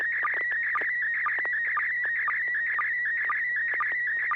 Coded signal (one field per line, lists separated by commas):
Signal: SSTV (slow-scan television)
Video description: River City ARCS SSTV Net 9 pm Wednesdays Pacific Time on N6NA FM repeater 441.30 MHz, Sacramento, CA